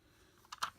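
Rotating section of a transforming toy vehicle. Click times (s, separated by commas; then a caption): 0.5 s, 0.6 s. A plastic rotating section of a transforming toy vehicle is turned all the way up. Two sharp clicks sound at 0.5 s and 0.6 s, the second louder, as the part clicks into place and seats.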